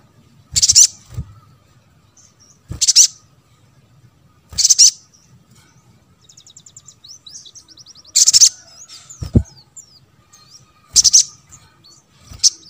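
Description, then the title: Spiderhunter song: piercing high chip bursts repeated every few seconds, with a quick run of thin trilled notes and soft twittering between them. Caged-bird training recording (masteran) of the Labaik variant. "Masteran Burung Sogok Ontong Labaik"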